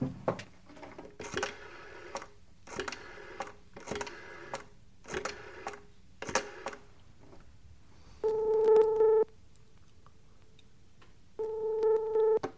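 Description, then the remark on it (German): Seven short rattling bursts of a telephone being dialed, followed by two steady, buzzing ringback tones about a second long, separated by a pause of silence. “Kann ich mal telefonieren?”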